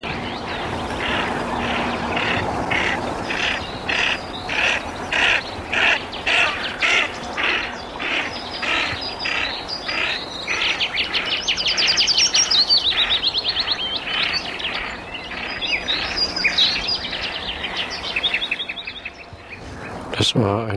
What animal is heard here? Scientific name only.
Aythya ferina